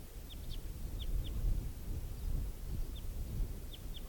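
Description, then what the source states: Red Crossbill calls: short, sharp downslurred kip notes, single and paired, several in four seconds, over a steady low rumble. Type 4 call type; an orange male perched out in a clearing; recorded at 5:24 on a tape recorder with windscreen on the microphone.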